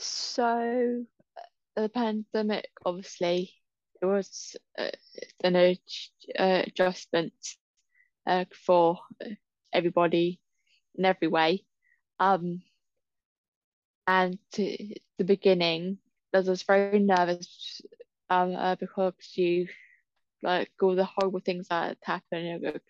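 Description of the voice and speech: Adult woman speaking with prolonged sounds, drawn-out fillers and frequent pauses, consistent with stuttering (stammer) that worsened somewhat at the beginning of the pandemic.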